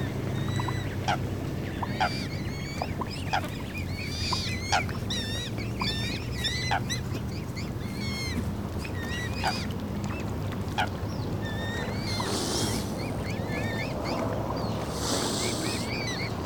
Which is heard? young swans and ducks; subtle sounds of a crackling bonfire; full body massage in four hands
young swans and ducks